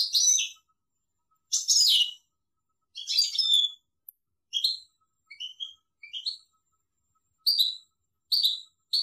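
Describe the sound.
European goldfinch giving short, separate bursts of high chirping notes, the early bursts fuller and the later ones thinner.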